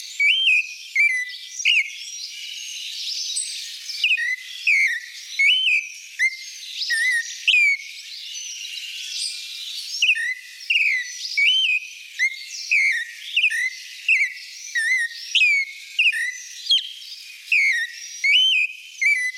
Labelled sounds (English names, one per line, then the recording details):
Clay-colored Thrush song
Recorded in the wild
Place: La Pacifica, San José, Umgebung Hotel, CR
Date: 1992-04-13
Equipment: Dat-Recorder Casio DA 7, Telinga DAT, Telinga-Parabolspiegel
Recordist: Schwarz, Dieter